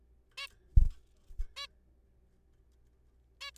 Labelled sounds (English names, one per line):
Zebra Finch